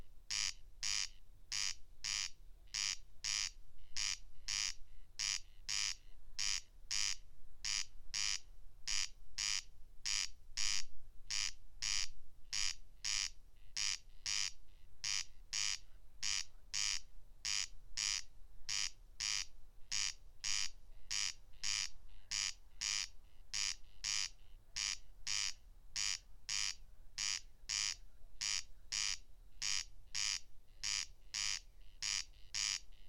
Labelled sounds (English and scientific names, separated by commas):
Corn Crake (Crex crex) song